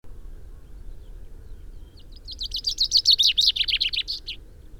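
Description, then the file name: Common chaffinch song: a few soft notes, then a quick run of bright notes, over low background noise. "Fringilla coelebs"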